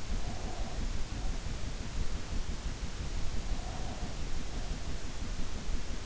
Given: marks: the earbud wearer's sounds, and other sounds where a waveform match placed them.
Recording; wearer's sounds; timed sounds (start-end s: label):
sounds in sleep by an in-ear microphone; breath
0.00-1.65 s: breath
3.47-4.97 s: breath